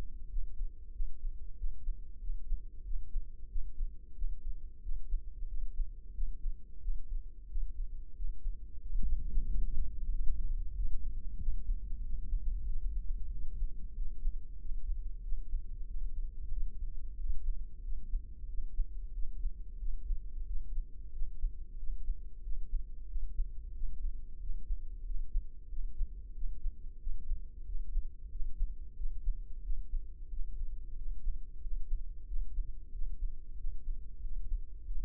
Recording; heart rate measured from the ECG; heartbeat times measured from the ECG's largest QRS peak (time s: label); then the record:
heart sounds by microphone in the left ear; 92 bpm
0.32 s: heartbeat
0.95 s: heartbeat
1.59 s: heartbeat
2.23 s: heartbeat
2.87 s: heartbeat
3.51 s: heartbeat
4.18 s: heartbeat
4.84 s: heartbeat
5.50 s: heartbeat
6.16 s: heartbeat
6.84 s: heartbeat
7.51 s: heartbeat
8.18 s: heartbeat
8.84 s: heartbeat
9.50 s: heartbeat
10.15 s: heartbeat
10.78 s: heartbeat
11.42 s: heartbeat
12.06 s: heartbeat
12.69 s: heartbeat
13.34 s: heartbeat
13.99 s: heartbeat
14.62 s: heartbeat
15.25 s: heartbeat
15.90 s: heartbeat
16.54 s: heartbeat
17.19 s: heartbeat
17.86 s: heartbeat
18.50 s: heartbeat
19.16 s: heartbeat
19.81 s: heartbeat
20.49 s: heartbeat
21.15 s: heartbeat
21.80 s: heartbeat
22.45 s: heartbeat
23.11 s: heartbeat
23.77 s: heartbeat
24.43 s: heartbeat
25.07 s: heartbeat
25.72 s: heartbeat
26.37 s: heartbeat
27.02 s: heartbeat
27.68 s: heartbeat
28.33 s: heartbeat
28.99 s: heartbeat
29.65 s: heartbeat
30.32 s: heartbeat
30.99 s: heartbeat
31.64 s: heartbeat
32.29 s: heartbeat
32.94 s: heartbeat
33.60 s: heartbeat
34.24 s: heartbeat
34.88 s: heartbeat
From the record:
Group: healthy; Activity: rest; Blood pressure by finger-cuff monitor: 144/80 mmHg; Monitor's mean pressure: 98 mmHg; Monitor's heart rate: 92 bpm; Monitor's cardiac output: 7.7 L/min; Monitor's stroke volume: 84 mL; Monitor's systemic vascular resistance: 950 dyn s/cm5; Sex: male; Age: 21 years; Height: 175 cm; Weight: 72.6 kg